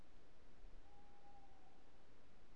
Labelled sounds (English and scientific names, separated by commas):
Tawny Owl (Strix aluco)